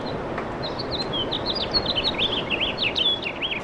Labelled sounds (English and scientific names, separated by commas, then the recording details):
House Finch (Haemorhous mexicanus) song
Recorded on Long Island, New York, on 18 April 2012
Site GC
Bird C